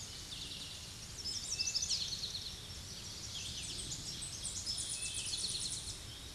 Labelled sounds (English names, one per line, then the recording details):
Tennessee Warbler song
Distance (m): 30 m
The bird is about 10 m above the microphone
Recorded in a Pennsylvania forest on 16 May 2024 at 06:24
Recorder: AudioMoth, point MSD-2429
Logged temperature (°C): 16.7 °C
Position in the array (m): 75 m, 87 m